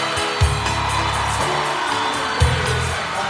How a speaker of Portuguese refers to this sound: Começa a gritar quem tá achando bom. Quem tá achando bom.